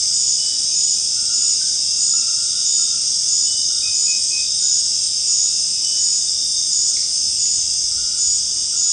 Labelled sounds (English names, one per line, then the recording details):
none
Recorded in secondary vegetation near Puerto Asís, Putumayo, Colombia, on 19 March 2025 at 21:00
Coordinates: 0.502, -76.326
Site G100